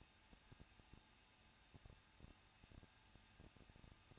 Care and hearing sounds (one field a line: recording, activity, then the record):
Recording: daily activity, microphone in the room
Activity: no activity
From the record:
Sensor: 2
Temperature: 21.0 degrees Celsius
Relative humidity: 37.4%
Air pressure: 1006.1 hPa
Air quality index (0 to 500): 222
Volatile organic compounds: 24 ppm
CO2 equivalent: 2812 ppm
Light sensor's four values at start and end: 2/3/2/2 and 2/3/2/2